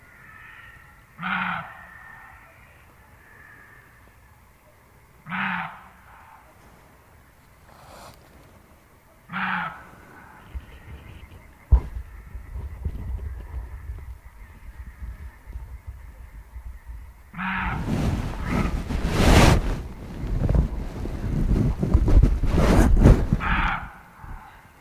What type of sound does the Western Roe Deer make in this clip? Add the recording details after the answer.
call. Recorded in the wild. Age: adult. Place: Kützerhof, Kummerower See, Mecklenburg-Vorpommern, DE. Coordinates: 53.8564, 12.8858. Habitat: wetland. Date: 2010-04-28 22:20. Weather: fair, 14°C, no wind. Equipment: Sound Devices 702, Sennheiser MKH 70, Rycote Windschutz. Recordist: Frommolt, Karl-Heinz